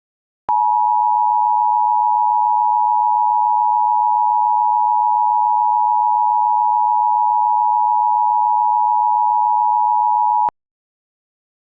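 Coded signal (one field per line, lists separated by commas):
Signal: Emergency Alert System (SAME) tones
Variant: 853 and 960 Hz attention tone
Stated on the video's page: SAME tones for an alert made for a fictional EAS scenario.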